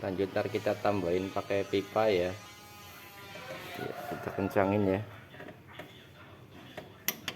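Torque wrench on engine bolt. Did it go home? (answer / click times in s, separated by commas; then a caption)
yes / 7.1 s, 7.3 s. A torque wrench set to 100 Nm tightens a large engine bolt in the crank pulley bolt area of a petrol Toyota Innova engine, held with a large ring spanner while an oil leak is being repaired. Someone talks first, followed by quieter low rumbling and faint mechanical noise during the tightening. The wrench gives its sharp release clicks at 7.1 s and 7.3 s, confirming it has reached the set torque.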